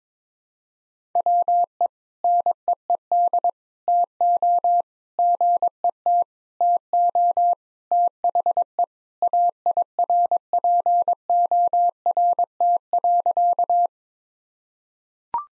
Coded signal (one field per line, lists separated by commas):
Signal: Morse code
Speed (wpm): 22 wpm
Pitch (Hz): 700 Hz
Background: none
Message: WE NEED TO GET TO THE AIRPORT.